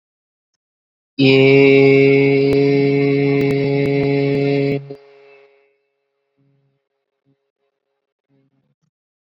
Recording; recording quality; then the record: sustained vowel as in made; excellent, no background noise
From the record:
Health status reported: exposed to COVID-19, no respiratory illness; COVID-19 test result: not tested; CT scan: not taken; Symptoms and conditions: none ticked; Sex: male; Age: 24 years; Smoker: no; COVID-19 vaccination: both doses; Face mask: worn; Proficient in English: yes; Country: India